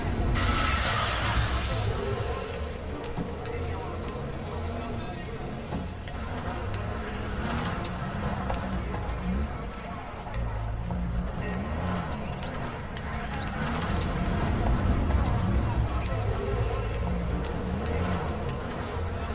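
Street traffic with automobiles and other vehicles forms a dense, steady low rumble throughout. Voices talk over it at intervals, and a brighter hiss of passing traffic swells near the start, with smaller surges later.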